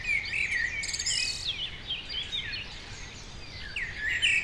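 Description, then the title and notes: Common Blackbird song, a warbled phrase at the start followed by thin twitters, within a busy chorus of high chirping birds. Morning song of blackbirds near the Sierroz, Aix-les-Bains, France. "Rue Jacques Cartier 73100 Aix-les-bains France - merles du matin. Près du Sierroz le chant matinal des merles"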